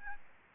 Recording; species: mosquito wingbeat signal from an infrared sensor; Aedes albopictus